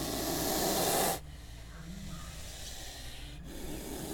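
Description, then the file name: Snake hissing in one long, steady, breathy rush lasting about a second, then falling quiet. Snarling. "Snarling Snake"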